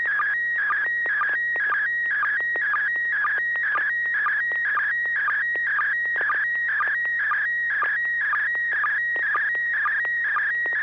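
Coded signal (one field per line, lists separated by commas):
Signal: SSTV (slow-scan television)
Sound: warbling tone around 1.5-2.3 kHz with steady stretches and a regular sync chirp about twice a second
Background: low mains hum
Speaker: go ahead bill with your picture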